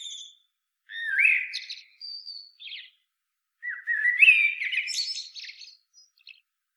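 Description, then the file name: Common blackbird song, two phrases: a warbled low whistle with a thin high note and buzzy squeak, then a longer fluting run ending in high, scratchy twitters. "Turdus merula"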